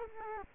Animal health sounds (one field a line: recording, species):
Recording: mosquito wingbeat signal from an infrared sensor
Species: Culex quinquefasciatus